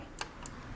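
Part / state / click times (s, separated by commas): SIM card into router SIM slot / seated / 0.2 s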